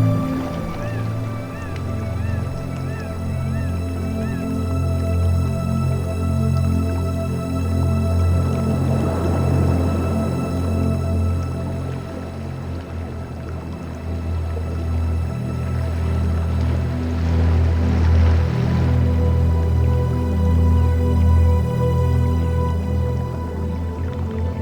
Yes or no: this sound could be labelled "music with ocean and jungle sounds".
yes